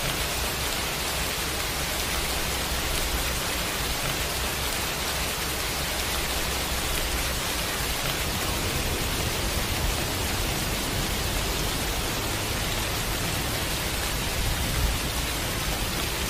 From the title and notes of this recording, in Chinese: 雨聲2(冥想放鬆失眠白噪音)。